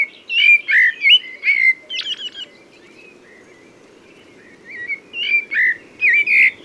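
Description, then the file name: Common blackbird song with rich whistled warbles and scratchy high flourishes at the start, a silent gap, then a second fluting phrase near the end. "Turdus merula"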